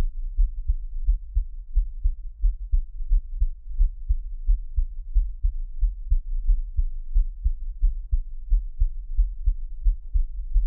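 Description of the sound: Steady, deep, muffled thumps repeat regularly at about 88 beats a minute, with no talking and only a faint low hum behind them. This is an ordinary adult heartbeat, recorded close up as an ASMR track for listening on headphones.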